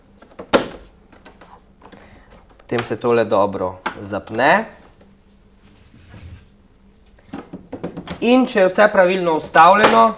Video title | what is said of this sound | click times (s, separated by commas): Itak, da se da: REGENERATORJI ZRAKA – vzdrževanje | Then this one clicks right in. | 0.6 s